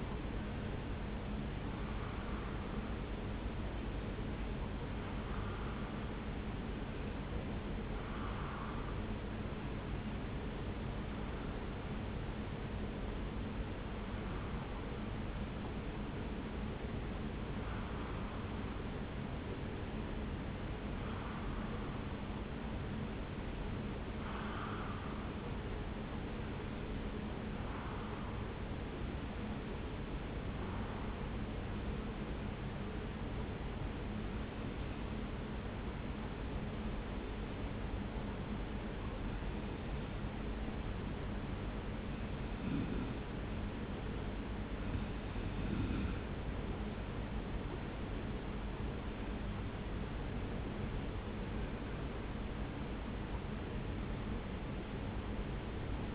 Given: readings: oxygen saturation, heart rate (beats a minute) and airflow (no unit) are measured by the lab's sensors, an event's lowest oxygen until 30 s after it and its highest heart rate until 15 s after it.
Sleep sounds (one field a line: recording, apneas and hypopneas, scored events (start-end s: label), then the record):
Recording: breathing in sleep by a voice recorder at the bedside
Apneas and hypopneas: 1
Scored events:
8.00-46.10 s: hypopnea (N2, oxygen 96% highest, then 92% lowest)
From the record:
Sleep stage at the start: N2 (light sleep)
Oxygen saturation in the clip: 92 to 96%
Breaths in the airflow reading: 19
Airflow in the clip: -1.5 to 2.4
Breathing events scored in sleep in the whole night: 335 in 6.7 hours asleep